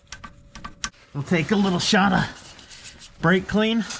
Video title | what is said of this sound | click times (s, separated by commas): Is the 200,000 oil change worth it? | and we'll go till it clicks | 0.8 s